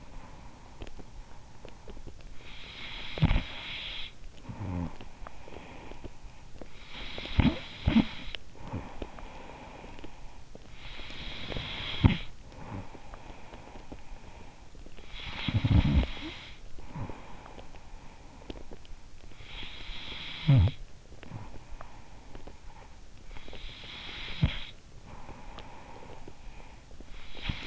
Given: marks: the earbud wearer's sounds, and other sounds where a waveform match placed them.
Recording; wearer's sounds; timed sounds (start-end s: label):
sounds in sleep by an in-ear microphone; snoring breath
0.00-6.32 s: snoring breath
6.61-27.67 s: snoring breath